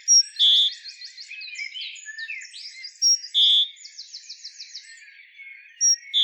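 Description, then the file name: Great tit giving a short high note then a longer even whistle, repeated three times, amid rattling trills and varied chirps. "Parus major"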